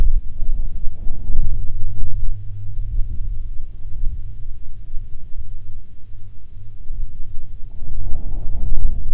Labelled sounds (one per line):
wind